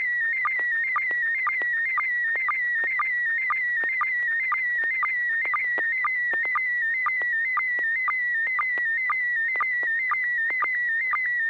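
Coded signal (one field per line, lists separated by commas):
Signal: SSTV (slow-scan television)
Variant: PD120 mode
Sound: warbling high tone with short regular dips, about two per second, continuous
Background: low steady hum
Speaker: i have a picture i'd like to send it in pd120 it's got some fine detail in it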